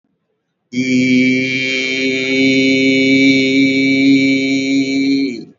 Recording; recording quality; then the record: sustained vowel as in beet; excellent, no background noise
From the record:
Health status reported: recovered from COVID-19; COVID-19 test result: positive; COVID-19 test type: RT-PCR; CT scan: taken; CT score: 20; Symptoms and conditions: none ticked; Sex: male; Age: 57 years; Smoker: no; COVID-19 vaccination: none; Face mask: not worn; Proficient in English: yes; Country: India